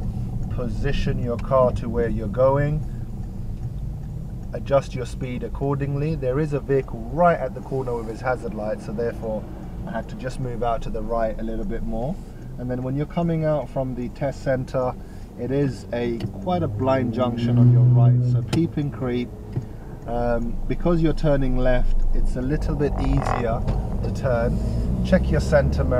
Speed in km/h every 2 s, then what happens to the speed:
10, 8, 3, 0, 0, 2, 0, 0, 0, 0, 8, 16, 21.
0-5 slows to 0. 5-18 standing. 18-26 pulls away to 21.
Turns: none.